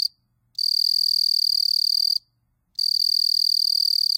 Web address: The Songs of Insects. Southeastern Field Cricket